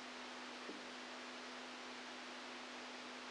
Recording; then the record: brain microelectrode recording played as sound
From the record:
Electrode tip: outside the subthalamic nucleus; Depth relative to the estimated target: 4 mm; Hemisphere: right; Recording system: NeuroSet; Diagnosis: Parkinson's disease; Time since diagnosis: 10 years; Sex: male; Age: 65 years